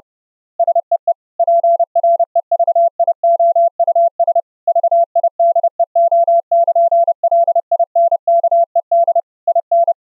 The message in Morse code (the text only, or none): SEE PREVIOUS VIDEO<KN>LINKED IN